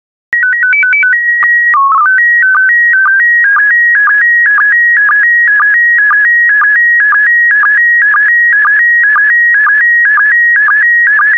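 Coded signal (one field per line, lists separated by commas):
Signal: SSTV (slow-scan television)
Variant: PD 120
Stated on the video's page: PD120-mode SSTV images generated as practice decoding material, with stock photos and synthetic audio prompts.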